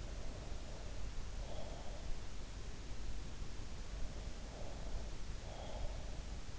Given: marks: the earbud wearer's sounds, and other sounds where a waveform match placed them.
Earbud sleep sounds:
sounds in sleep by an in-ear microphone; breath
0.11-2.19 s: breath
4.51-6.31 s: breath

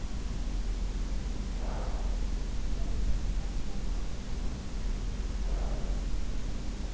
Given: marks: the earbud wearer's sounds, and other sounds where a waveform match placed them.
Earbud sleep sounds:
sounds in sleep by an in-ear microphone; breath
1.19-2.07 s: breath
5.09-5.98 s: breath

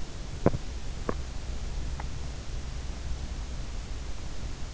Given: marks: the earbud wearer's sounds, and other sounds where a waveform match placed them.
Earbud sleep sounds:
sounds in sleep by an in-ear microphone; body movement
0.06-1.34 s: body movement

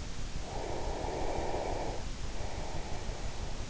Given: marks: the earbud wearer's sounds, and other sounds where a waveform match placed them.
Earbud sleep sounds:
sounds in sleep by an in-ear microphone; breath
0.32-3.50 s: breath

